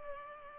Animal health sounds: mosquito wingbeat signal from an infrared sensor; Culex pipiens

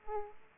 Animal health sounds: mosquito wingbeat signal from an infrared sensor; Aedes aegypti

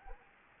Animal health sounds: mosquito wingbeat signal from an infrared sensor; Anopheles arabiensis

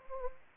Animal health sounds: mosquito wingbeat signal from an infrared sensor; Anopheles gambiae

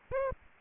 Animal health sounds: mosquito wingbeat signal from an infrared sensor; Aedes aegypti

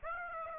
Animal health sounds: mosquito wingbeat signal from an infrared sensor; Aedes aegypti

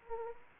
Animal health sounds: mosquito wingbeat signal from an infrared sensor; Anopheles arabiensis

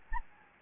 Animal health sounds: mosquito wingbeat signal from an infrared sensor; Anopheles gambiae

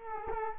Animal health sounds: mosquito wingbeat signal from an infrared sensor; Culex quinquefasciatus

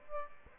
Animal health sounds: mosquito wingbeat signal from an infrared sensor; Aedes aegypti

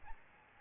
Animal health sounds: mosquito wingbeat signal from an infrared sensor; Aedes albopictus

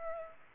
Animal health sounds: mosquito wingbeat signal from an infrared sensor; Aedes aegypti

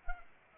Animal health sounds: mosquito wingbeat signal from an infrared sensor; Anopheles arabiensis

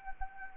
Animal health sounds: mosquito wingbeat signal from an infrared sensor; Anopheles arabiensis

